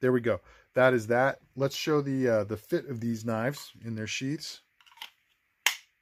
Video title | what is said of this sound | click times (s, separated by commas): Busse & Bradford Custom Sheath Systems | got a nice little click in it's very secure in there it's not going anywhere | 5.7 s